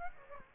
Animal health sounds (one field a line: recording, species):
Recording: mosquito wingbeat signal from an infrared sensor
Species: Aedes aegypti